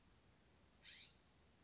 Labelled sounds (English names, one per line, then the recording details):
California Scrub-Jay
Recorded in Sonoma County, California